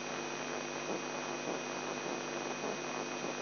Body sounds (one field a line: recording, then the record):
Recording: brain microelectrode recording played as sound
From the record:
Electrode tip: outside the subthalamic nucleus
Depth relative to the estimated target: 3 mm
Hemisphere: left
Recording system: AlphaMap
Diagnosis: Parkinson's disease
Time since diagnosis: 11 years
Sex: male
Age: 42 years